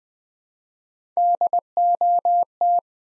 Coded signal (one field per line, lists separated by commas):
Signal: Morse code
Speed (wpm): 20 wpm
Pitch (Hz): 700 Hz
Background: none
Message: DOT